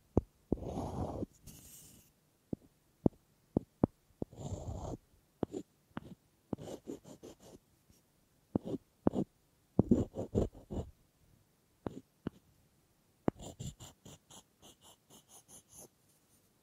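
Wooden taps, knocks and scratchy rubs come in uneven bursts, with a longer scraping stretch at the start and crisp clicking near the end.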